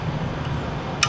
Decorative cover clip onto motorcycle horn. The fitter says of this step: you'll hear it kind of snap into place